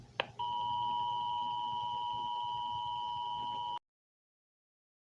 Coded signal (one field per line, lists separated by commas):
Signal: Emergency Alert System (SAME) tones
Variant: 853 and 960 Hz attention tone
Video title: The north Carolina super cells (eas Scenario)